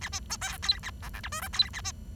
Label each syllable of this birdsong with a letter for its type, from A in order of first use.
A B C D E A F G H I J E A B